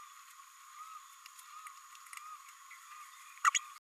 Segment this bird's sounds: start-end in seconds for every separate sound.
3.44-3.50, 3.54-3.58